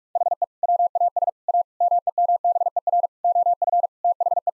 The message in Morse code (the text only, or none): HE WAS A MEMBER OF THE